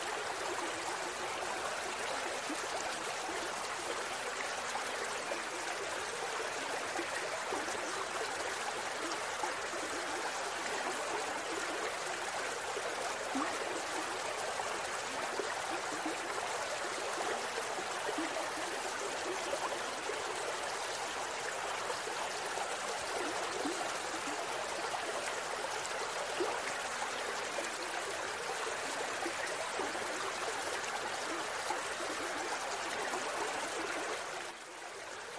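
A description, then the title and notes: A gentle stream runs steadily, its dense rushing and trickling water holding an even level throughout with almost no change. The sound sits mostly in the middle and upper range, with little low rumble, and it dips slightly right at the end. Gentle Stream Sounds.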